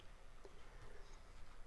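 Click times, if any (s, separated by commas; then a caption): none. A flight battery for a Tomzon D65 GPS foldable drone is lined up with its release button and locking pin facing the bottom, ready to be pushed into the drone body. Only a low, steady background hiss and a few faint handling ticks are heard, with soft transients at 0.0 s and 1.7 s. The battery has not yet been inserted and nothing has clicked or seated.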